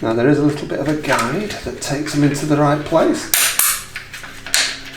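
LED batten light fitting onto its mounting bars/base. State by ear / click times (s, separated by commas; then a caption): seated / 4.5 s. Someone talks while an LED batten light fitting is pushed onto its metal mounting bars, with a guide taking it into the right place. There are a few sharp knocks around 3.6 to 4.0 seconds, then a loud click at 4.5 seconds as the fitting seats on the bars and is confirmed in.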